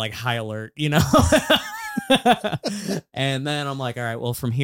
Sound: laughing